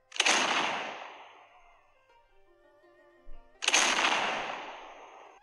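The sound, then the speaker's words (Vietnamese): Two heavy cannon blasts boom in the distance a few seconds apart, each a sharp explosive crack that rolls off into a long rumbling decay, with a faint ringing hum lingering between them. “Nơi xa vang lên tiếng pháo ầm ầm, cắt đứt lời của hắn”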